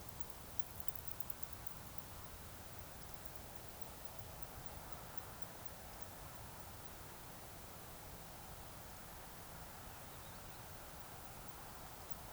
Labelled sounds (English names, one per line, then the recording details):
Eurasian Woodcock whistle
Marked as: whistle, whistle, whistle, whistle, whistle
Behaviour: display flight
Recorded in Baden-Württemberg, Germany, on 26 June 2021 at 20:16 UTC
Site 45499, 200 m above sea level